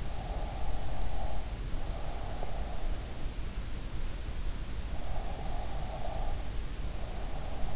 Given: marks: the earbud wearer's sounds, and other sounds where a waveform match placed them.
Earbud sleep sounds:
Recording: sounds in sleep by an in-ear microphone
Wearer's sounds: breath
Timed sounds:
0.36-2.75 s: breath
5.14-7.76 s: breath

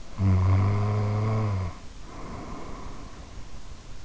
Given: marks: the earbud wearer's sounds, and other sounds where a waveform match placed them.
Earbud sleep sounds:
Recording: sounds in sleep by an in-ear microphone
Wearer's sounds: snoring breath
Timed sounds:
0.12-3.74 s: snoring breath

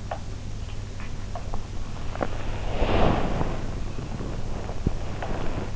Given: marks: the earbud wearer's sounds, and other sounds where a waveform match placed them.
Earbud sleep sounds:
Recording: sounds in sleep by an in-ear microphone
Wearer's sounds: body movement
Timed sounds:
0.00-2.43 s: sound from someone else or the room
2.61-5.76 s: body movement

